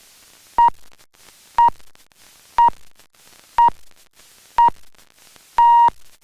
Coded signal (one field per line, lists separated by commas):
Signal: radio time signal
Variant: time pips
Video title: Aktualności Radiowej Jedynki -- 19.08.2025 12:00